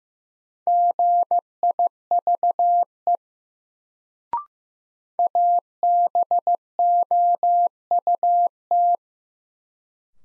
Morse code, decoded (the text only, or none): GIVE ABOUT